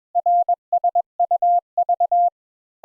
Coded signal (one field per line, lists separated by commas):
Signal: Morse code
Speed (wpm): 21 wpm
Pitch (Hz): 700 Hz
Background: none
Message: RSUV